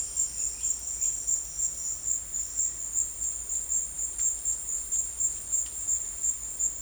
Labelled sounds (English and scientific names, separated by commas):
none